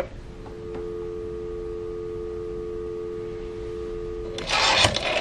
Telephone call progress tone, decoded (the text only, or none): dial tone